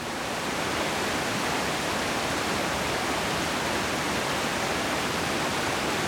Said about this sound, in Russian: Смотрите, горная река течет очень быстро и мощно.